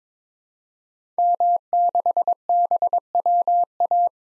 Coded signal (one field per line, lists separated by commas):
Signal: Morse code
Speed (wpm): 22 wpm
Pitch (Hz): 700 Hz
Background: none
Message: M6BWA